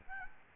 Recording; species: mosquito wingbeat signal from an infrared sensor; Aedes albopictus